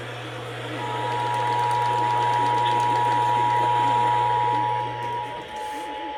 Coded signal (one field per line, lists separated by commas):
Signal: Emergency Alert System (SAME) tones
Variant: 853 and 960 Hz attention tone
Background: speech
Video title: TEXAS OR TENNESSEE TEST... EAS Alerts From June 2026 (EAS#6,214 - 6,250)